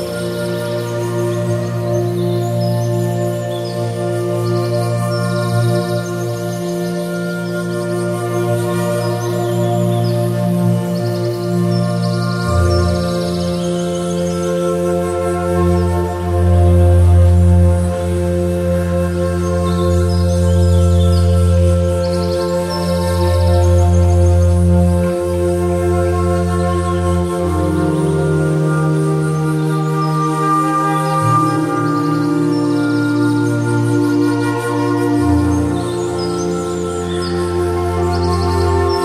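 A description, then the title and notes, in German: Flute music with sustained, shifting tones over a steady low drone, while many birds sing faintly in the background throughout. Dies ist wunderschöne Flötenmusik mit einer Vielzahl an Vögeln die im Hintergrund singen.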